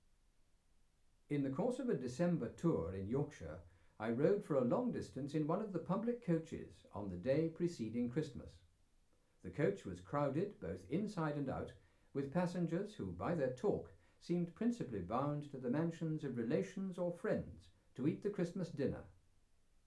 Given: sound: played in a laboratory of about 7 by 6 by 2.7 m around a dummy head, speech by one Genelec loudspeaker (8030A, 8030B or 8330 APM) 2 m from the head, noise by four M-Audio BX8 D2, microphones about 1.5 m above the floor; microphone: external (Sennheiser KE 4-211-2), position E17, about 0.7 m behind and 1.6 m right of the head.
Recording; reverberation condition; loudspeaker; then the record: male speech in English; low; 150 degrees to the right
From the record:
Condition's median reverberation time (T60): about 310 ms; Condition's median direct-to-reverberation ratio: about 3.5 dB